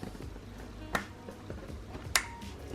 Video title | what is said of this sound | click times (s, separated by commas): Setting Up My Grow Tent 🌱 Assembly, Accessories & Plants! | and it kind of works like a hose when you're plugging a hose into the tap it just automatically clicks into place | 2.2 s